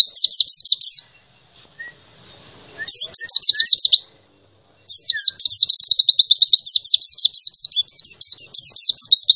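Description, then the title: White-eye song: three bursts of very high, rapid chirped notes, the last a long unbroken run of quick slurred phrases. Song of a 2021 champion bird in the 'nembak' style, used to train other birds. "Pleci Gacor. Masteran Pleci Nembak Juara 2021"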